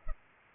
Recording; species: mosquito wingbeat signal from an infrared sensor; Culex pipiens